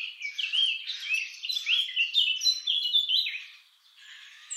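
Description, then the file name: Eurasian blackcap song: a loud, continuous rich warble of quick slurred notes, fading to quieter twittering in the last second. "Sylvia atricapilla"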